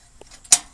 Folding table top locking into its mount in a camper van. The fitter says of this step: there we go sometimes it don't lock into place but right now it's locked into place thank God